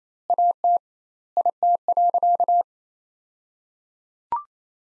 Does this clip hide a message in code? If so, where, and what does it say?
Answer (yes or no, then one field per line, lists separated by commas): yes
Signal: Morse code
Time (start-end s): 0.3-2.6 s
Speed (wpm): 28 wpm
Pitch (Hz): 700 Hz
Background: none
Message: AT IT.